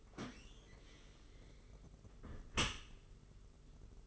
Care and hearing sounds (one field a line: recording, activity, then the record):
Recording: daily activity, microphone in the room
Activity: close dishwasher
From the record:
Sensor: 4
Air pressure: 992.2 hPa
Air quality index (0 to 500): 108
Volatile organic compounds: 17 ppm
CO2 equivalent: 2588 ppm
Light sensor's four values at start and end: 23/78/29/30 and 23/78/28/30